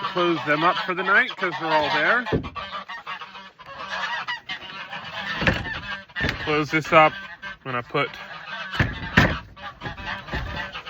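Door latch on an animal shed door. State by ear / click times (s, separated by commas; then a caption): not seated / none. Someone talks while geese honk as the poultry house door is closed for the night, with sharp thuds at 5.5, 6.3, 8.8 and 9.2 seconds. The animal shed door's latch fails to catch, so a wooden block is leaned against it to hold it shut; nothing has latched or clicked.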